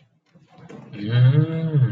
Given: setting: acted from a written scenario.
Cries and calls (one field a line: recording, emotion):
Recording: vocal sound without words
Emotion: realization